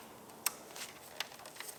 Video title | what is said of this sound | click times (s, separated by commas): 2019 Land Rover Discovery Sport Service Item; How To Do It Yourself | two fuel lines and when they click in place that is exactly what you want to hear | 0.5 s, 1.2 s